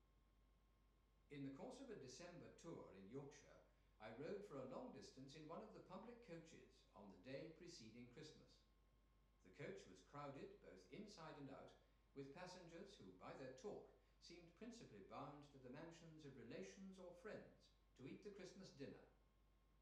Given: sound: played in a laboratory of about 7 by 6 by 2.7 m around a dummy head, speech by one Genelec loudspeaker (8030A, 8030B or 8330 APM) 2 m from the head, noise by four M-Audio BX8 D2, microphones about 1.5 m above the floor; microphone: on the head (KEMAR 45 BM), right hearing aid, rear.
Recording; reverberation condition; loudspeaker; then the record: male speech in English; medium; in front (0 degrees)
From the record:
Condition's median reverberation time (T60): about 510 ms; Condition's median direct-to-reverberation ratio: about -0.5 dB